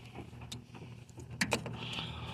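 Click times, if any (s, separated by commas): 1.4 s, 1.5 s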